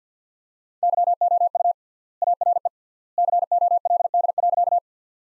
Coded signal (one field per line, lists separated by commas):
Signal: Morse code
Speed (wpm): 50 wpm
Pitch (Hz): 700 Hz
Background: none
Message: YOU ARE COLD.